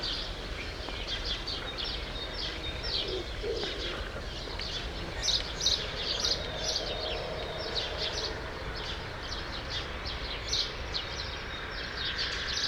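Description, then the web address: True sparrows chirping from a busy group, rapid and irregular high notes overlapping over constant background noise. "True sparrows. دانلود-صدای-پرنده-راستین"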